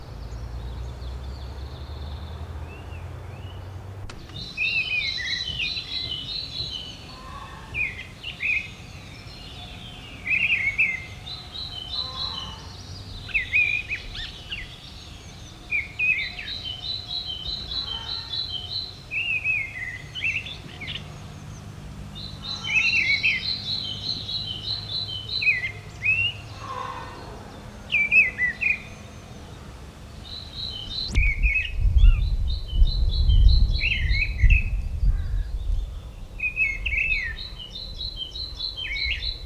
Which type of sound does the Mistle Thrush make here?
song